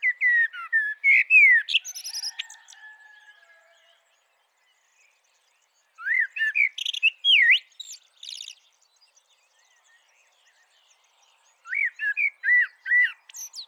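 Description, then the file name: Eurasian blackbird singing: mellow fluted phrases mixed with high squeaky notes, in three bursts separated by several seconds of silence. "Turdus merula"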